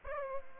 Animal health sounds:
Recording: mosquito wingbeat signal from an infrared sensor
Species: Aedes aegypti

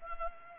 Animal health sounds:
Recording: mosquito wingbeat signal from an infrared sensor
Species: Culex pipiens

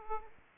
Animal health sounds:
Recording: mosquito wingbeat signal from an infrared sensor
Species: Aedes aegypti

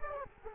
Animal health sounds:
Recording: mosquito wingbeat signal from an infrared sensor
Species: Culex quinquefasciatus

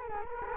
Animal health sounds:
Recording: mosquito wingbeat signal from an infrared sensor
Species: Culex quinquefasciatus

